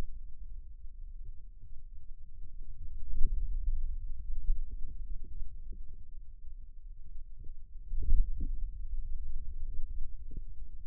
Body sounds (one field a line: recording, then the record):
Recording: forearm muscle sounds (acoustic myography)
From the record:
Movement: inward rotation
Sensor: system 2, bracelet of six BSWA MPA416 microphones around the upper forearm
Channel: 1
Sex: male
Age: 22 years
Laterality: right